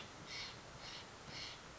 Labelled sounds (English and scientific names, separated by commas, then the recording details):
Steller's Jay (Cyanocitta stelleri)
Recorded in Sonoma County, California